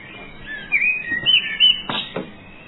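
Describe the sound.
Bird song: clear whistled notes, some swooping, others held flat, with two sharp clicks or knocks near the end.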